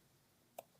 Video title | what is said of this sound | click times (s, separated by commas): Tapo C260 SD Card Installation Slot - Complete Tutorial | Just push it until you hear a click. | 0.6 s